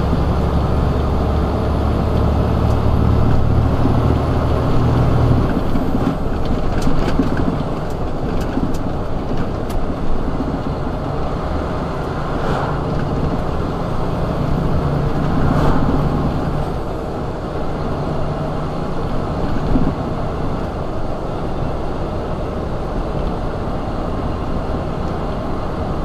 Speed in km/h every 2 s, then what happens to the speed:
53, 56, 58, 58, 58, 58, 58, 60, 61, 61, 61, 61, 61.
0-26 speeds up to 61.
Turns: none.